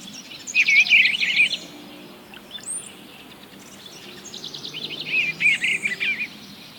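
Eastern bluebird song: two bursts of soft, warbled, burry phrases, one near the start and one later, with quiet background hiss between.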